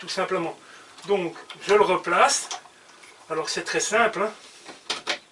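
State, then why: Not seated. Someone talks while putting a small locating part back by hand into its housing on a table saw bench. A couple of short ticks come near the end, around 4.9 s and 5.4 s, but nothing has seated or clicked into place yet.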